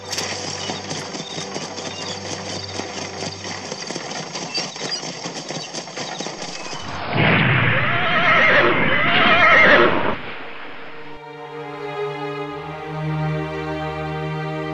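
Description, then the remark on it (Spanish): The hooves of a horse-drawn carriage clatter in a steady, rapid clip-clop, then a loud, shrill whinny rises and wavers for a few seconds before a sustained tonal hum takes over. The carriage depicts the one that ran over Pierre Curie in 1906. “Las cosas fueron bien para la pareja de físicos, hasta que en 1906 Pierre murió atropellado por un coche de caballos.”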